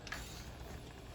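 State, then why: Seated. On the outdoor kitchen of a 2021 RPOD 192 trailer, the fold-out metal support arms for the griddle are lifted out and lock into their bracket. Two sharp ticks come in quick succession at about 0.1 s, and the arms are seated and locked in place.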